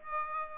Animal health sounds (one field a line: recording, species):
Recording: mosquito wingbeat signal from an infrared sensor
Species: Aedes aegypti